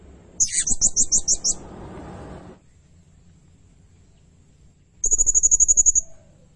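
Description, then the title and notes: Blue-crowned hanging parrot calling in thin, high chips, a rapid series of about seven, then after a noisy hiss a quick, evenly spaced buzzy trill, with low background rumble. Energetic 'gacor' song with 'nembak' shooting bursts, used as a tutor (nasteran) and lure (pemikat) recording for training birds; said to provoke all birds. "Burung Serindit Nembak Gacor. Suara Nasteran Dan Pemikat Burung Serinditan Gacor"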